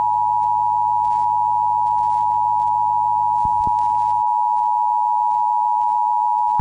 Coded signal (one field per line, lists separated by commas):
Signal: Emergency Alert System (SAME) tones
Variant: 853 and 960 Hz attention tone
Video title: Playtime Co. Factory Disaster - EAS Scenario #2